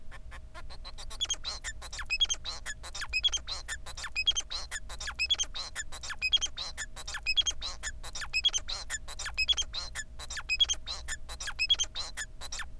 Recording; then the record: song of a male Bengalese finch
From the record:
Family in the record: son of father 4